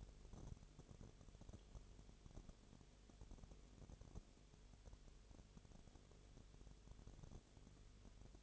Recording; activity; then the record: daily activity, microphone in the room; no activity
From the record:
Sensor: 4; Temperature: 22.0 degrees Celsius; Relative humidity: 29.7%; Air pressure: 1002.1 hPa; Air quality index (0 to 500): 59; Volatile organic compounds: 1 ppm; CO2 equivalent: 608 ppm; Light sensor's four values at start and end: 2/3/1/1 and 2/3/1/1